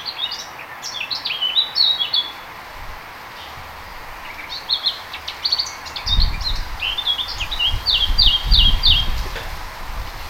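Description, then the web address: Eurasian blackcap song in several fast, varied warbling bursts with clear fluty notes, with low rumbling noise in the second half. "oeko hecke vogel sounds sylvia atricapilla"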